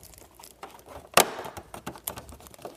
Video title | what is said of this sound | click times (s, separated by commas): The King of miniLED? Sony's 85" BRAVIA 9 Is BREATHTAKING! Setup and Review | And it snaps into place. | 1.2 s